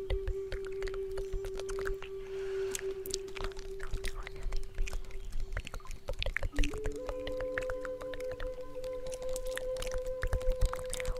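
A native flute holds one long, steady note for about six seconds, dips briefly to a lower pitch, then settles on a higher note held to the end. Frequent soft clicks and taps scatter through the clip under a faint, breathy hiss.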